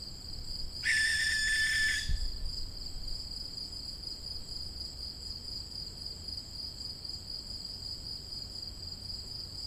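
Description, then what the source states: Barn owl gives one rasping, breathy screech just over a second long near the start, then a continuous high-pitched insect trill carries on alone. Young birds.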